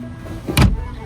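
A plastic glove box is pushed firmly back into the car dashboard and closes, producing a single sharp click at 0.6 s. The glove box is seated and clicks home.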